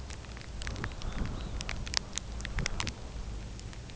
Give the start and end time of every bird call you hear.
[0.77, 1.59] Red Phalarope (2.8-4.7 kHz)

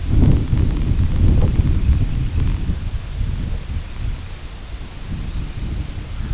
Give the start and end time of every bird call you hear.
[1.38, 2.94] Semipalmated Sandpiper (1.9-3.2 kHz)

